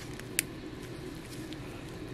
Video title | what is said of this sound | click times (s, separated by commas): How to change the band on a watch - bracelet removal - TUTORIAL DIY | there we go both sides clicked in | 0.4 s